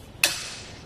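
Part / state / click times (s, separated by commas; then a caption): hitch bike rack tilt latch / seated / 0.2 s. A RockyMounts MonoRail platform hitch bike rack for two bikes, mounted on a 2021 Mazda CX-5, is folded up into its upright position with its release handle. At 0.2 s a single sharp, bright click rings out and decays over about half a second as the tilt latch clicks into place, leaving the rack seated upright.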